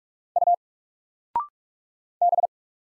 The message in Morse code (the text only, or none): U B